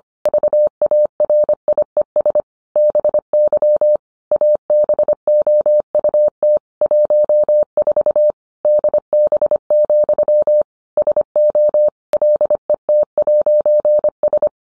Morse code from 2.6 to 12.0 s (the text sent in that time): BY ABOUT 14 DB, SO